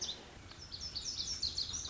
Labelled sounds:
Lazuli Bunting (Passerina amoena)
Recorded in Sonoma County, California

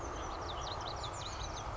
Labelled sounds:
Oak Titmouse (Baeolophus inornatus)
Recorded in Sonoma County, California

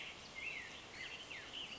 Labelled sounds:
Black-headed Grosbeak (Pheucticus melanocephalus)
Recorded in Sonoma County, California

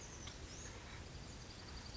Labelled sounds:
Oak Titmouse (Baeolophus inornatus)
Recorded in Sonoma County, California

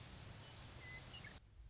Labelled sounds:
Western Meadowlark (Sturnella neglecta)
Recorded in Sonoma County, California

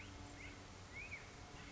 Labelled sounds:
Black-headed Grosbeak (Pheucticus melanocephalus)
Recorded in Sonoma County, California

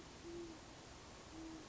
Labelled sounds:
Great Horned Owl (Bubo virginianus)
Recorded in Sonoma County, California

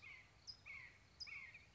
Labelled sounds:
California Towhee (Melozone crissalis)
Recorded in Sonoma County, California

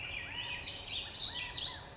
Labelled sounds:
California Quail (Callipepla californica)
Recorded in Sonoma County, California

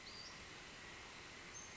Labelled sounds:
Western Flycatcher (Empidonax difficilis)
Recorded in Sonoma County, California

